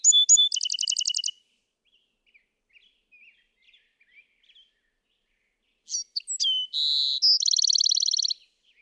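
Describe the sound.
Bewick's wren song: a high buzzy phrase with a rapid trill, then after a pause another varied phrase of sharp notes, a buzz and a fast trill.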